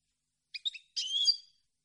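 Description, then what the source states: European goldfinch song phrase: three quick chirps followed by a tinkling, twittering trill about half a second long, clean with no other sounds. Clean goldfinch song on CD, for birds to copy as song training.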